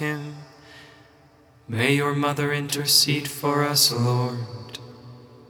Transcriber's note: English, Gregorian tone 8